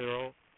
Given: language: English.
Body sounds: throat vibration sensor signal played as sound; speech

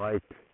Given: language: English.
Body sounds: throat vibration sensor signal played as sound; speech

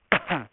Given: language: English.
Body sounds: throat vibration sensor signal played as sound; cough

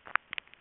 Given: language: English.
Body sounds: throat vibration sensor signal played as sound; swallow

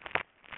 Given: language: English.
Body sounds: throat vibration sensor signal played as sound; swallow

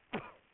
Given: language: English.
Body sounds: throat vibration sensor signal played as sound; cough

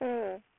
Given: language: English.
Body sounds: throat vibration sensor signal played as sound; speech

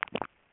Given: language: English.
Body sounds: throat vibration sensor signal played as sound; swallow

